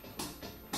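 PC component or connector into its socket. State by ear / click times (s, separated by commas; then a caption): not seated / none. During a PC build, a component, probably a cable connector, is handled at its socket. Two short, broad bursts of handling noise come at about 0.2 and 0.7 seconds over a faint steady hiss. Nothing has seated or clicked yet.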